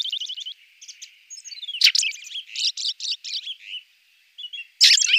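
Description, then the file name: Ring ouzel song: a fast run of squeaky notes, then varied chattering and twittering phrases, ending in a loud scratchy burst. "beflijster ring ouzel"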